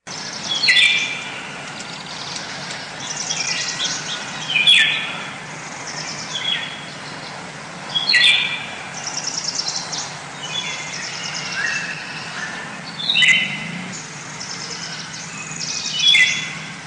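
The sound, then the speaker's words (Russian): Eurasian golden oriole song: short, bright whistled phrases repeat every few seconds, about five bursts in all, over a steady low background hiss with no talking. “Из всех певчих птиц, лесных музыкантов, самая скрытная и красивая — золотисто-желтая иволга.”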